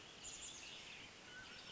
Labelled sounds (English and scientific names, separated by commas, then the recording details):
Mountain Quail (Oreortyx pictus)
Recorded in Sonoma County, California